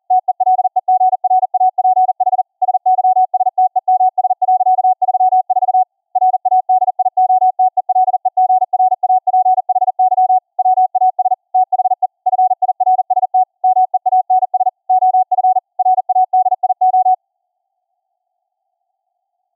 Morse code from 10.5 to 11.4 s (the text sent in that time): WAS